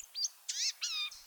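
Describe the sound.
Blue-gray Gnatcatcher calls: a couple of short thin notes followed by two longer, buzzy, nasal wheezes and a faint final note, clear against a quiet background.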